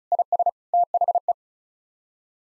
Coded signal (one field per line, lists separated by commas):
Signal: Morse code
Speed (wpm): 34 wpm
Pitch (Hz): 700 Hz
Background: none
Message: IS THE